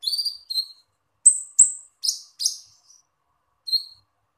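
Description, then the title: Small bird calling with high, thin chirps and short harmonic notes, given in quick bursts with brief pauses between them, on a quiet background. "Burung Kecil"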